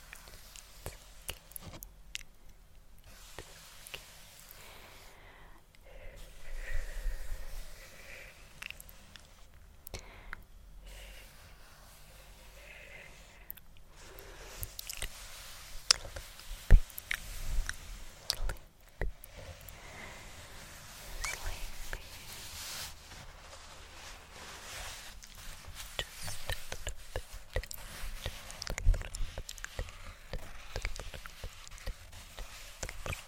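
Fabric being handled, with soft rustles and brushing sounds that come and go in uneven bursts. Busier, louder stretches arrive around 6–8 seconds and again from about 15 seconds on, with sharp little crinkles and taps scattered through, separated by quieter near-silent gaps.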